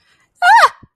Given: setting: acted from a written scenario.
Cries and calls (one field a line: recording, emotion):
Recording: vocal sound without words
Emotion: fear